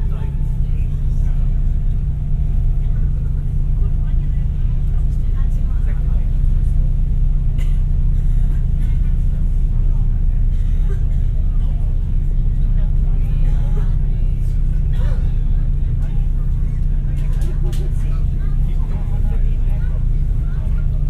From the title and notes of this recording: Crossing the Solent on Wightlink's Fastcat Catamaran service. I travel on Wightlink’s Wight Ryder 2 ferry from Ryde to Portsmouth, on the south coast of Great Britian. Binaural.